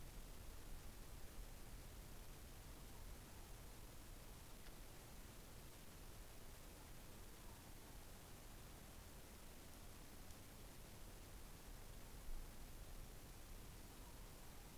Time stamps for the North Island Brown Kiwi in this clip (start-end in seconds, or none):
none